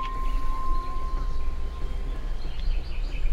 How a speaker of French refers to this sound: Un rossignol. Voilà. Ici, on est dans la forêt